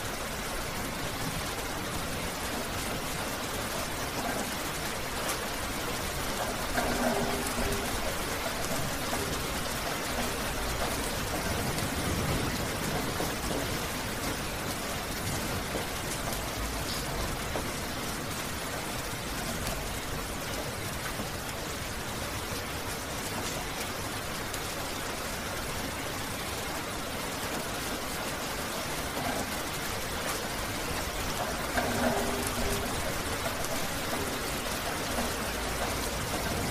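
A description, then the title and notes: Light rain falls in a steady, dense patter, filling the sound evenly from low to high with a soft hiss. Level stays nearly constant throughout, with faint low rumbles and brief swells near 7 and 32 seconds, perhaps passing traffic. Gentle, Light Rain Falling on the Ground. Focusrite Scarlett 2i2 Audio interface.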